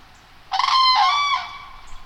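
Common crane giving one loud rolling, trumpeted call lasting under a second, harsh and rich in harmonics.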